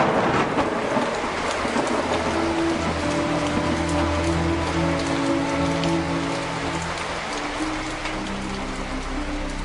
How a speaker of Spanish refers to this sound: Esa clase en el bosque era muy atractiva, pero en medio de ella un cambio de clima repentino dejó entrever una llovizna que rápidamente se transformó en lluvia y hasta casi en temporal.